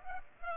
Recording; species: mosquito wingbeat signal from an infrared sensor; Culex pipiens